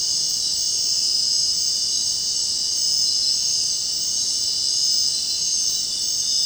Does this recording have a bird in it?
no